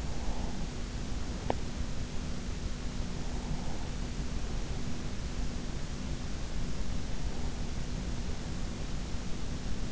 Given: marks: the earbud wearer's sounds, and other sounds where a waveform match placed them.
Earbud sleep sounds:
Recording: sounds in sleep by an in-ear microphone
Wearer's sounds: breath, teeth grinding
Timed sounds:
0.00-1.79 s: breath
1.40-1.79 s: teeth grinding
2.97-4.81 s: breath
6.66-8.92 s: breath

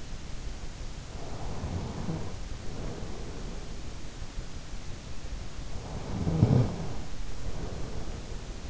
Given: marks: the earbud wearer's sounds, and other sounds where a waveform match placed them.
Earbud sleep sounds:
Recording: sounds in sleep by an in-ear microphone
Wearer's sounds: snoring breath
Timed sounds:
1.07-3.95 s: snoring breath
5.61-8.70 s: snoring breath

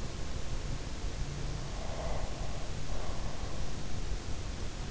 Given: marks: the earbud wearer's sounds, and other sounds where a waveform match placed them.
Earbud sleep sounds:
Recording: sounds in sleep by an in-ear microphone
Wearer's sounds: breath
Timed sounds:
1.42-3.93 s: breath

